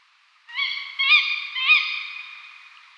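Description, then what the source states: Tawny owl calling in a single short burst of three harsh, nasal rising notes, trailing off into a fading echo. Female.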